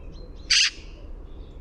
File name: Pica pica